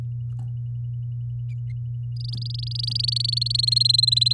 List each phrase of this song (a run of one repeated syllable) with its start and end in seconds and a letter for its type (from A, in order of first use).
2.16-3.52 A, 3.54-4.33 B